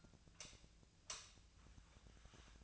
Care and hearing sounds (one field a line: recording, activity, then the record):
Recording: daily activity, microphone in the room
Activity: light off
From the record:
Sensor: 2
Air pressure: 1009.7 hPa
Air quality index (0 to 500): 181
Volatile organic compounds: 10 ppm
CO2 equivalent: 2262 ppm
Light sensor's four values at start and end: 32/84/36/38 and 27/66/29/31